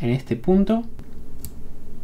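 Someone talks while pressing the release point on a metal Leatherman multitool so its handles can be opened and separated with one hand. A sharp click from the handle lock release is heard at 1.5 s, and the release button clicks open.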